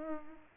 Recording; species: mosquito wingbeat signal from an infrared sensor; Culex pipiens